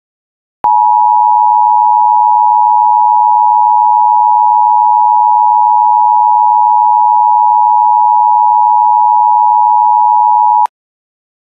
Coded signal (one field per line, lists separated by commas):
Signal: Emergency Alert System (SAME) tones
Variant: 853 and 960 Hz attention tone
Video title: Halloween Nightmare (EAS Scenario)